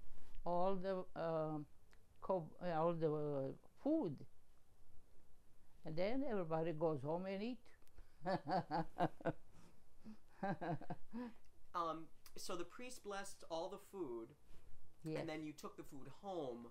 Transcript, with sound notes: all the um, co, all the um, food. And then, everybody goes home and eat. (laughing)
Um, so the priest blessed all the food...
Yes.
and then you took the food home...